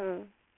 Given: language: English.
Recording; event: throat vibration sensor signal played as sound; speech